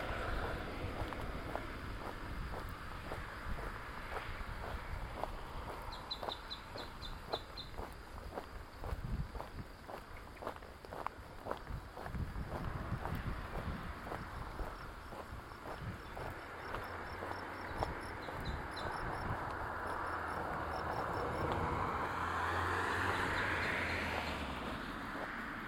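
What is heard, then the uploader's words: Walking sticks pound a steady rhythm crossing a highway overpass, with a constant cricket hiss, passing cars, wind rumble, and brief chirps near 6 and 18 seconds. Walking (Sticks) the Villalba Overpass. In Situ Season 1 episodes are 5 minutes of ambient sound recorded along del Norte, the northern coastal route of the Camino de Santiago network of pilgrimage paths converging in Spain. These tiny meditations are made with binaural microphones, creating an immersive hyper-realistic listening experience.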